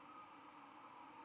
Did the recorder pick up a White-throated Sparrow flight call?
yes